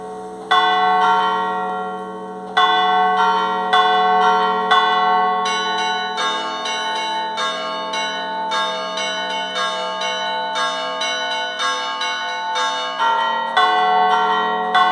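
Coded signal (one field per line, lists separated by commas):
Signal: bell signal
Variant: scampanio on stationary bells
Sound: several church bells struck rapidly in lively overlapping chiming, ringing continuously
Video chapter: [2:37] Scampanio a campane ferme effettuato in E.M dal sottoscritto per l'inizio della messa solenne delle 12.00 nel giorno di Natale, 25-12-2023.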